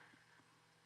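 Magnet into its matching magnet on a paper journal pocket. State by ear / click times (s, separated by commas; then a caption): not seated / none. The second magnet of a paper ephemera pocket's closure is held near its matching magnet on a paper journal pocket, about to snap together. Only a faint, steady low hum with soft rustling is heard, with no sharp transient. Nothing has seated or clicked yet.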